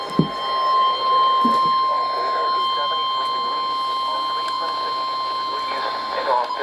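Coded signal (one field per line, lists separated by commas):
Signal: Emergency Alert System (SAME) tones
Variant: 1050 Hz attention tone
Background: speech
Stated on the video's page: EAS alert tones from storm-related alerts over two days.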